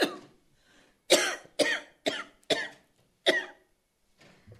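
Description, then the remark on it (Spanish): A person with a fever, unable to get words out, coughs: a string of five harsh, forceful coughs in quick, uneven succession, each a short rough burst, preceded by a faint breath and trailing off into a soft exhale. “Entonces me acerco al escritorio y como no me salían las palabras de la calentura que tenía, empiezo a toser.”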